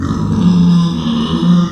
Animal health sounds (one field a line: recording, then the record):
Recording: squeal of a Yucatan mini pig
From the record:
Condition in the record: after surgery on the right vocal fold (resection and tissue-engineered implant)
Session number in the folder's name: 14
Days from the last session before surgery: 133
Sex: female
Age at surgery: 19 weeks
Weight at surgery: 25 kg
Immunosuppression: prednisolone